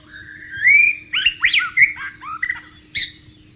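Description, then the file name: White-rumped shama song: a clear rising whistle followed by quick varied slurred notes and a final sharp high note. White-rumped shama (murai batu) in the wild. "suara burung murai batu di alam liar"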